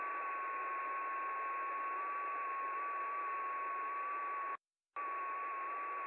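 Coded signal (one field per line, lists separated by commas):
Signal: FT8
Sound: steady hiss with one faint, slightly warbling tone that stops for a moment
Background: radio static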